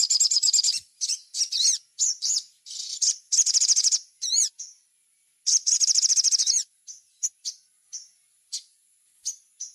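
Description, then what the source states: Little spiderhunter song of short high trilled bursts and twisting notes, then a long rattling trill. Scattered thin chips follow, over a faint steady high tone. Training song, described as labaik.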